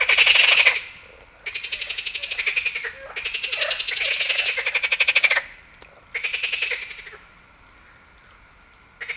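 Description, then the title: Marsh frog gives rapid pulsed, cackling rattles in long bursts, then near silence toward the end. Heviz, Hungary. "Heviz, Grenouille rieuse"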